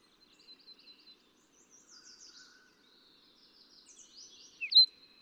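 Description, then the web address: Fox sparrow song, soft, rapid chips and slurred high notes run together into a varied phrase, ending with one sharper, louder note in near silence. "birdsongforthecurious Fox Sparrow"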